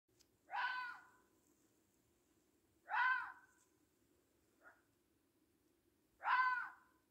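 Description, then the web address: Red fox calling with three loud, hoarse, harmonic barks roughly every three seconds, plus one faint short note, over a steady low hum. "comment le renard crie"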